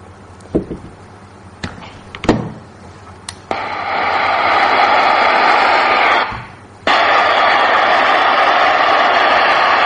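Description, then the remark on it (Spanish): After a few sharp clicks and knocks, a steady, loud white-noise hiss from a machine used as a white noise generator switches on, cuts out briefly for about half a second, then resumes just as evenly to the end. “Eso sería un generador de ruido blanco ahora mismo, tal y como está.”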